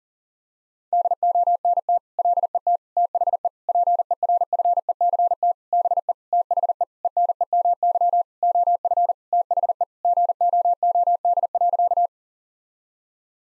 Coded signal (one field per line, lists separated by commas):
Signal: Morse code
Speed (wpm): 40 wpm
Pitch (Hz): 700 Hz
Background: none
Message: DONT LET THE PERFECT BE THE ENEMY OF THE GOOD.